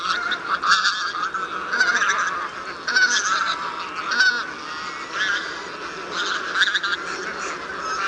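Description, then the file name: Bean goose calls, overlapping nasal honking from a flock, steady and unbroken throughout with louder bursts every second or so. "geszbozowa"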